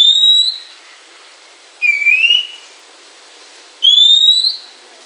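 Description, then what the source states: Oriental magpie-robin giving three sweet drawn-out whistles, high then lower upslurred then high again, spaced about two seconds apart. Female.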